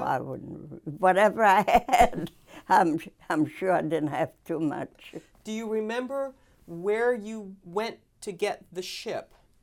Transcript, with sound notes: No, I wouldn't. Whatever I had, (she laughs) I'm, I'm sure I didn't have too much.
Do you remember where you went to get the ship?